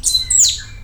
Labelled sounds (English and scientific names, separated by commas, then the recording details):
Stitchbird (Notiomystis cincta) song
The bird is a male
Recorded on Tiritiri Matangi Island, New Zealand, in 2005
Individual 20, of nest box 28